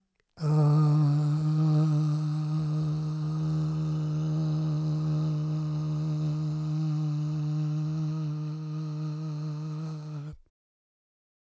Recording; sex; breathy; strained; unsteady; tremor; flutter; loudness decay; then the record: sustained vowel /a/; male; present; absent; present; absent; absent; absent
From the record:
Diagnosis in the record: Parkinson's disease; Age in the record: 77 years